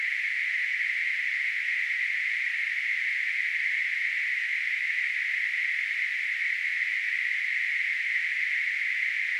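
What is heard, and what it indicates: Simulated tinnitus: a steady, continuous hissing noise concentrated in a band around 2 kHz, unchanging in loudness throughout.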